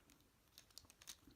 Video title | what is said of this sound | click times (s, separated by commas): Kamen Rider Ex-Aid LVUR-08 Chambara Gamer and Sports Gamer Set Review | just pops right in very simply it | 0.8 s